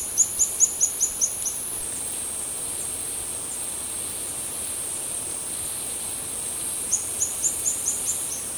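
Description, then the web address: Streaked xenops song: two bursts of six or seven sharp, high-pitched notes, separated by a pause, with a steady insect whine behind. Recorded in Ecuador. "Natures Songs S America Birds of Ecuador Streaked Xenops"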